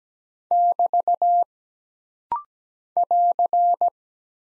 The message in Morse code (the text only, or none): <BT> <AR>